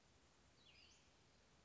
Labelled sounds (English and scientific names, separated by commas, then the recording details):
Western Flycatcher (Empidonax difficilis)
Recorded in Sonoma County, California